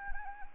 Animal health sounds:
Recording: mosquito wingbeat signal from an infrared sensor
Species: Anopheles arabiensis

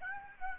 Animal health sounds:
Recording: mosquito wingbeat signal from an infrared sensor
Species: Aedes aegypti

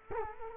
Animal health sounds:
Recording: mosquito wingbeat signal from an infrared sensor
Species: Culex quinquefasciatus

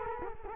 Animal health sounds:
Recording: mosquito wingbeat signal from an infrared sensor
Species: Culex quinquefasciatus

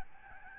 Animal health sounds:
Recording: mosquito wingbeat signal from an infrared sensor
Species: Aedes albopictus

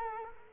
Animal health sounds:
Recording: mosquito wingbeat signal from an infrared sensor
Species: Culex quinquefasciatus

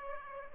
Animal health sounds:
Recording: mosquito wingbeat signal from an infrared sensor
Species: Aedes aegypti

